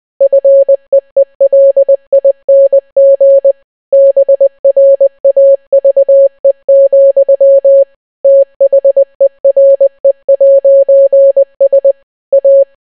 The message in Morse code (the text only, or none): FEELING BRAVE, THERE'S A